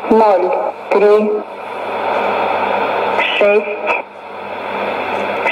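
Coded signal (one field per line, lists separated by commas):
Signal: numbers station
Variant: S06s, Russian female voice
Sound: a woman's voice reading short separate words, likely numbers, with pauses between them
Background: radio static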